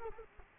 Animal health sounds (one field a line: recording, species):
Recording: mosquito wingbeat signal from an infrared sensor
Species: Culex quinquefasciatus